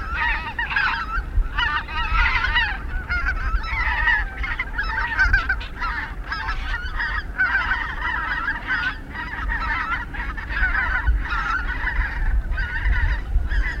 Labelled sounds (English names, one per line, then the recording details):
Greater White-fronted Goose call
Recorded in the wild
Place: Zingst, Insel Kirr, Mecklenburg-Vorpommern, DE
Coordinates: 54.418, 12.714
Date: 1979-10-18 19:50
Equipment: Nagra III BH, Sennheiser MD 21, parabola
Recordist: Schubert, Michael